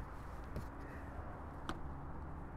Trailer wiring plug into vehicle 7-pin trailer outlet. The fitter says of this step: it should snap into place and now it's fully seated